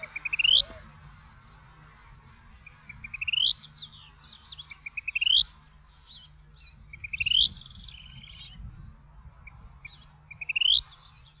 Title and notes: Churrinche (Pyrocephalus rubinus). emitiendo un metálico "churrín", que le da su nombre común. Suele escucharse de noche